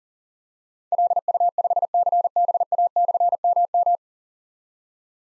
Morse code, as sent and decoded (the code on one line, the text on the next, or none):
.-.. ..- ..... -.-. -... .- -..-. -- --
LU5CBA/MM